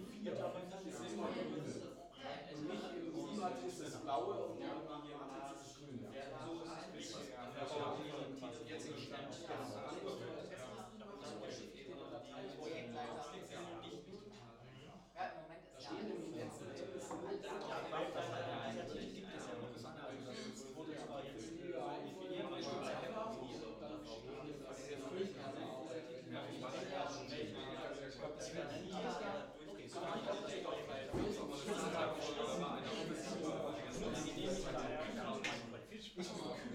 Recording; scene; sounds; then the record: everyday scene through a hearing-aid microphone; many people talking; many voices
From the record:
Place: bistro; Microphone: in the ear canal, left